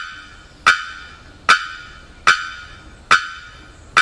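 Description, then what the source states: Bearded bellbird giving loud, abrupt metallic bonks, each a sharp ringing note with fast decay, repeated steadily about every 0.8 seconds; five notes, quiet background otherwise. Rapid bonks; recorded 27 October 2001.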